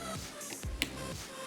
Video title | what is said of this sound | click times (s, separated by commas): Unboxing & Building a High-End AMD Ryzen Threadripper PC! #Tech #Unboxing #PCBuild | screw tight, and you hear a click from this. | 0.8 s